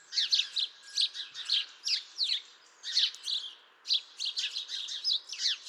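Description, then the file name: House sparrow chirps repeated in quick, irregular groups, each note sharp and slightly rasping, continuing almost without break. "Passer domesticus"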